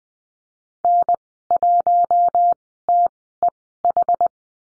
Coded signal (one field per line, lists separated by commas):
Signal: Morse code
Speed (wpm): 19 wpm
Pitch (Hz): 700 Hz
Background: none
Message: N1TEH